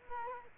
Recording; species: mosquito wingbeat signal from an infrared sensor; Culex quinquefasciatus